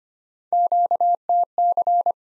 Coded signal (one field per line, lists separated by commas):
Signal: Morse code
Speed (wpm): 25 wpm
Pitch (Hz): 700 Hz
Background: none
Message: QTC